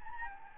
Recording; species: mosquito wingbeat signal from an infrared sensor; Anopheles gambiae